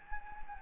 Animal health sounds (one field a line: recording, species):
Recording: mosquito wingbeat signal from an infrared sensor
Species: Anopheles gambiae